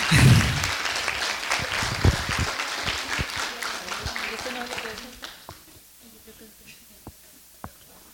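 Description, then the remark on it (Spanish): Audience applause at an international peace meeting welcomes women speakers to the panel, a dense crackle of many hands clapping loudly at first, then thinning out to scattered claps over several seconds before fading. “Les recibimos con un aplauso porque nos merecemos esos aplausos.”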